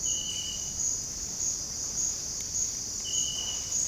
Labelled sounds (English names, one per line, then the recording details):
none
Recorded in dense forest near Puerto Asís, Putumayo, Colombia, on 21 February 2024 at 07:30
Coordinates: 0.485, -76.325
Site G6429